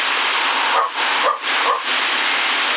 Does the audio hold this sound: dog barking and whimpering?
yes